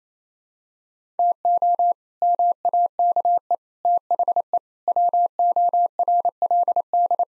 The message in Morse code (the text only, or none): TO MAKE THE WORLD